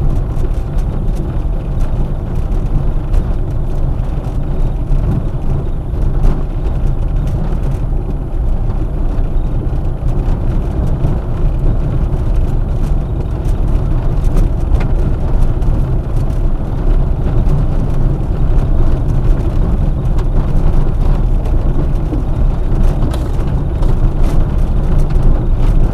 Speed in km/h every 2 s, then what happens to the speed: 22, 21, 21, 22, 24, 24, 25, 24, 24, 23, 23, 24, 23.
0-26 steady at about 23.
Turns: none.